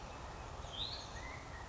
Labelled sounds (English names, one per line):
Hutton's Vireo